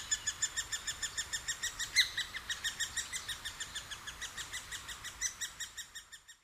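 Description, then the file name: Great spotted woodpecker calls: a steady run of high, sharp chattering notes, several each second, continuing without pause and fading at the end. Recorded in Sapporo on 20 June 2011. "akagera 110620 sapporo namba"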